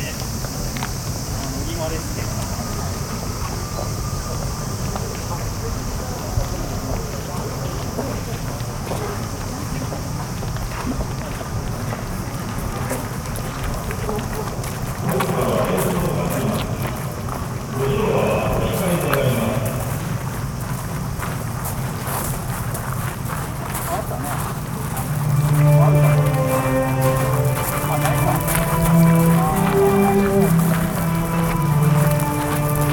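A field recording at Yasukuni Shrine in Tokyo: a steady outdoor hum with a constant high hiss and scattered footsteps and crunches. Voices come and go, with a louder passage around 15 to 20 seconds, and from about 25 seconds a person speaks more prominently over the bed.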